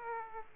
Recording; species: mosquito wingbeat signal from an infrared sensor; Aedes aegypti